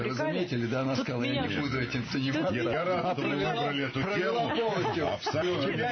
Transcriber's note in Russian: говорят все вместе